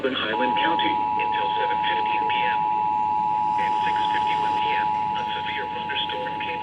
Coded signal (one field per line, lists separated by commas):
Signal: Emergency Alert System (SAME) tones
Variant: 853 and 960 Hz attention tone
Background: speech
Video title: EAS/NWR Alert or message #1109-1112: Tornado Warning #11